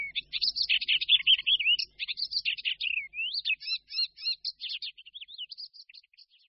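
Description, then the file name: Icterine warbler song, a hurried jumble of harsh chatters, rising whistles and quick repeated chirps that gradually fade. "Sedmihlásek hajní"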